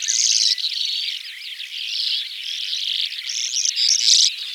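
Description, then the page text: Calandra lark song, a dense, unbroken, high-pitched jumble of scratchy, chattering notes that swells and fades without pause; no other sounds stand out. "Calandra Lark Songs. Quick Sounds"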